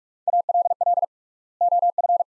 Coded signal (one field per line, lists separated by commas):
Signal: Morse code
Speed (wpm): 46 wpm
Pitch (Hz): 700 Hz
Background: none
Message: ALL OF